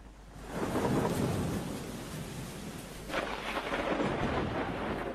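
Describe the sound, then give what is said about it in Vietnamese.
Heavy rain pours down steadily while thunder rumbles and crashes, with a deep roll early on and a second sharp crack about three seconds in. No voices are heard. “Nhưng chẳng hiểu sao, khi túi gạo cuối cùng vừa trao đến tay người ăn mày nọ, thì cũng là lúc trên bầu trời đổ mưa lớn, sấm sét đùng đoàng.”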